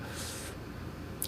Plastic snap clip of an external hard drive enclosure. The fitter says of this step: to release all of these pins and you'll hear it clicking throughout this process here